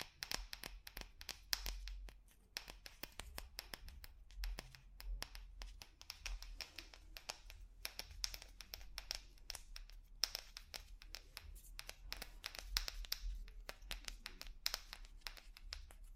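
Rapid tapping on different objects, a dense run of sharp, bright clicks and knocks that keeps going for the whole clip with an uneven rhythm. Clusters thicken around the second, eighth and tenth seconds, and a low, steady hum sits beneath the taps.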